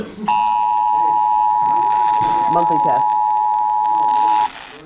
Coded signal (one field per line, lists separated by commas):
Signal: Emergency Alert System (SAME) tones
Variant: 853 and 960 Hz attention tone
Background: speech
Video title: IN SCHOOL EDITION! Broadcast Radio EAS: Required Monthly Test (EAS #185)